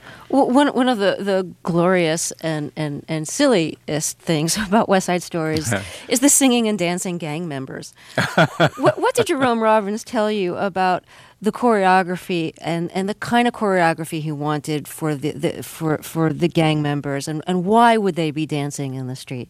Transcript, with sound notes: Well, one of the glorious and silliest things about "West Side Story" is the singing and dancing gang members.
(Laughter).
What did Jerome Robbins tell you about the choreography and the kind of choreography he wanted for the gang members? And why would they be dancing in the street?